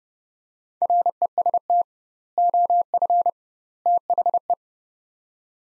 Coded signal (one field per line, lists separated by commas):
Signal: Morse code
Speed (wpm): 30 wpm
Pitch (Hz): 700 Hz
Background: none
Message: REST OF THE